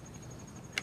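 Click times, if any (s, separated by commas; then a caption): 0.8 s. A plastic exterior door handle bracket is pressed onto its mount at the top of a Ford Focus car door until it snaps into place. After a low steady background hum with a faint high tone, a sharp, short click is heard at 0.8 s. The bracket is seated.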